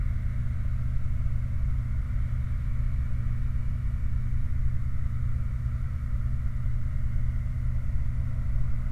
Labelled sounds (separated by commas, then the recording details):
machinery, flare stack
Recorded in the Prudhoe Bay oil fields, Alaska, on 29 July 2019 at 05:02
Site 29